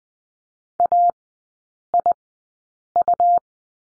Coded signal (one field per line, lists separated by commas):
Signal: Morse code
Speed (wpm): 20 wpm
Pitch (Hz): 700 Hz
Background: none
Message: AIU